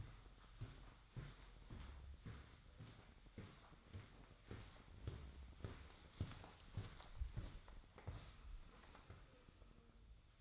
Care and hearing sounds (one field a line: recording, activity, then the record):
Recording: daily activity, microphone in the room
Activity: walk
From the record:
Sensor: 3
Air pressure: 1009.3 hPa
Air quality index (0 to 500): 193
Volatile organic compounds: 4 ppm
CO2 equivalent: 1558 ppm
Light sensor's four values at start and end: 55/141/62/65 and 57/147/64/67